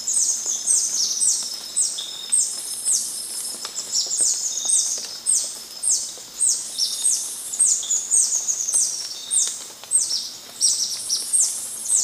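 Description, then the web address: Yellow-throated bush tanager calls in a dense, continuous stream of thin, high descending chips, several overlapping. Ecuador. "Birds of Ecuador. Yellow-throated Bush-Tanager"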